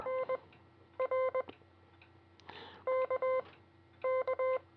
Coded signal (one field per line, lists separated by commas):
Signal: Morse code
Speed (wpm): 20 wpm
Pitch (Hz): 1040 Hz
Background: none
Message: NR KK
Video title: Learning CW With the SparGap Labs MCT-73 Morse code trainer (#954)